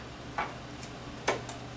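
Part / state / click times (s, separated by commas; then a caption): pressure clamp knob on spectrometer ATR crystal / torque reached / 1.3 s. The pressure arm knob of an ATR IR spectrometer is turned to crush a solid sample onto the crystal, with a soft tick near 0.4 s and a faint one near 1.5 s. At 1.3 s the slip clutch gives a sharp click as it reaches its set force limit, a click that is mainly felt rather than heard.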